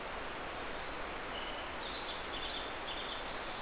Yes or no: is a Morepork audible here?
no